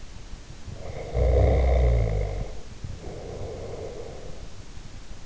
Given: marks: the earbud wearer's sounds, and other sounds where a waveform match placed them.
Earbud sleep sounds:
sounds in sleep by an in-ear microphone; snoring breath
0.52-4.83 s: snoring breath

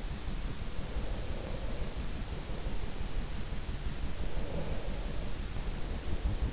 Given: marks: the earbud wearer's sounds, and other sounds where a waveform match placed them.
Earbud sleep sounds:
sounds in sleep by an in-ear microphone; breath
0.83-3.29 s: breath
4.19-6.52 s: breath

